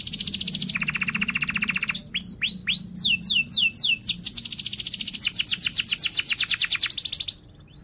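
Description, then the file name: Canary song: high and lower rolling trills, then loud sweeping slurred whistles, ending in a long fast high trill that stops abruptly. Canary in strong continuous singing (gacor), with cuit-cuit chirps and a sharp rolling (ngerol tajam) song style. "Suara Kenari Gacor Cuit Cuit Ngerol Tajam"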